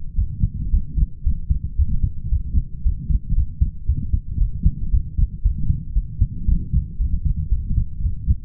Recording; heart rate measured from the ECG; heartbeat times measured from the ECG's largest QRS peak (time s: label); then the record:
heart sounds by stethoscope; 114 bpm
0.16 s: heartbeat
0.71 s: heartbeat
1.24 s: heartbeat
1.77 s: heartbeat
2.30 s: heartbeat
2.84 s: heartbeat
3.36 s: heartbeat
3.87 s: heartbeat
4.39 s: heartbeat
4.92 s: heartbeat
5.43 s: heartbeat
5.94 s: heartbeat
6.46 s: heartbeat
6.98 s: heartbeat
7.50 s: heartbeat
8.03 s: heartbeat
From the record:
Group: healthy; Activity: light exercise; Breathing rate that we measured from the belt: 29 breaths a minute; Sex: male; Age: 22 years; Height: 181 cm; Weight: 60 kg